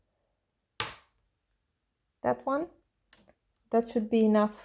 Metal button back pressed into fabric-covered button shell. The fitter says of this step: And if you push, you hear a click.